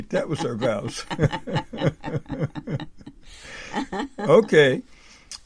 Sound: laughs

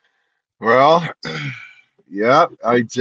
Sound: clears throat

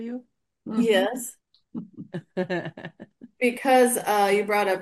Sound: laughs

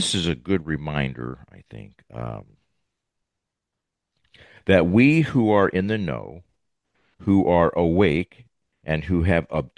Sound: none

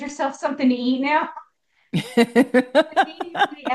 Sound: laughs

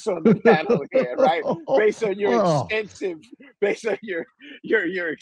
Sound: laughs

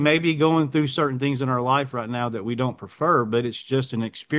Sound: none

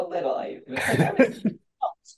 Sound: laughs

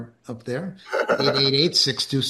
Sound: laughs

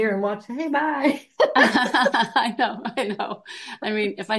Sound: laughs

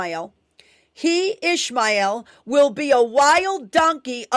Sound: none

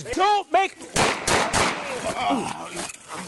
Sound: gun firing

